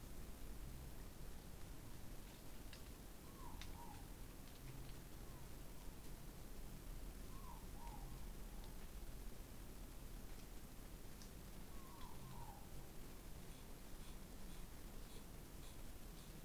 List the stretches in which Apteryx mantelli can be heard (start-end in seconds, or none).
none